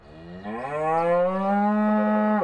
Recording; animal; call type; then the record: contact call of a hoofed animal; cattle; low-frequency (closed-mouth) or high-frequency (open-mouth) call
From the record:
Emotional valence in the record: negative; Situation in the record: full separation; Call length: 2.5 s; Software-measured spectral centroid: 1010 Hz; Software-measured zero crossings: 1240 a second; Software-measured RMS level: -23 dBFS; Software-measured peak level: -12 dBFS